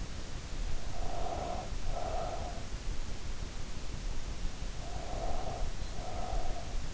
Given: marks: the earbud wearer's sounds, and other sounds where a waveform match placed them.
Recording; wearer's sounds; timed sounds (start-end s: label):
sounds in sleep by an in-ear microphone; breath
0.84-2.83 s: breath
4.82-6.94 s: breath